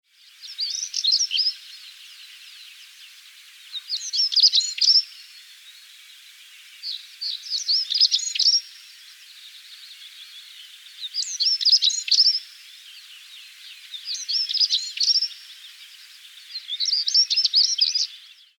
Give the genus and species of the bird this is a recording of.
Saxicola rubicola